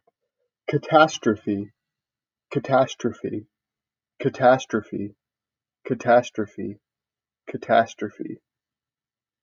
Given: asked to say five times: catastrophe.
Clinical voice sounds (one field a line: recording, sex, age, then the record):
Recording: repeated word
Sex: male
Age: 20 to 29 years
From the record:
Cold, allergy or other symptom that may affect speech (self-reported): no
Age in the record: 21 years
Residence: United States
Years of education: 16